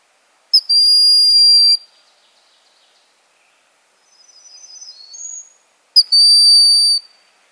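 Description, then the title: Bird song: a steady, very high whistle lasting about a second, then a soft, brief warbling phrase, then the same high whistle again about five seconds after the first. "LuckyKumpulan SuaraBurung"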